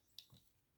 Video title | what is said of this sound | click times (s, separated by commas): transformers legacy armada starscream review/his role in the series thoughts | up like that until it snaps in place | 0.2 s